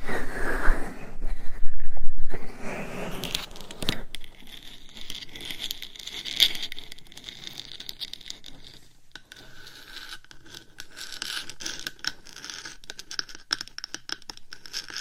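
Scratching and rubbing on a binaural microphone, loudest in the first four seconds with dense, rough strokes and a sharp tap near six seconds. After that the sound thins to softer, intermittent crackling and light tapping, with brief near-silent gaps around nine and ten seconds.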